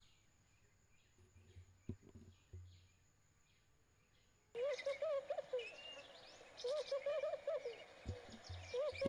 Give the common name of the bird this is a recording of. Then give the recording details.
Laughing Dove. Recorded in northern Uganda